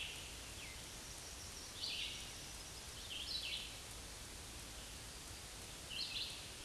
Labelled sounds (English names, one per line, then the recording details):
Scarlet Tanager song
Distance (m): 15 m
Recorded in a Pennsylvania forest on 19 May 2023 at 11:02
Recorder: AudioMoth, point grid1_6_low
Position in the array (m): 189 m, 35 m